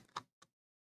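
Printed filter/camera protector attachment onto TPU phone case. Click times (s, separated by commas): 0.2 s, 0.4 s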